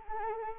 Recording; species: mosquito wingbeat signal from an infrared sensor; Anopheles arabiensis